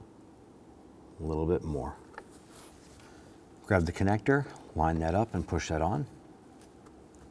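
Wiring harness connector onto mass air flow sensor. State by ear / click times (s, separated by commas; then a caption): not seated / none. Someone talks while grabbing the wiring harness connector, lining it up and pushing it onto the new mass air flow sensor of a 2008-2017 Buick Enclave 3.6L V6. A sharp tick at about 2.2 s and faint light handling sounds near the end are heard. The connector has not seated or clicked in yet.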